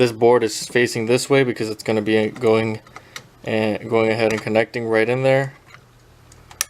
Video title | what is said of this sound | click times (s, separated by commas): EPSON XP-6000 HOW TO INSTALL INK | just like that it should click right into place | 6.6 s